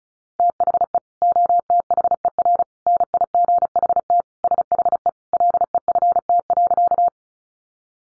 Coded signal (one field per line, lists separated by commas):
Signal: Morse code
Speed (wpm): 34 wpm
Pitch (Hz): 700 Hz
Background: none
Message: THE OTHER NIGHT SHE LEFT.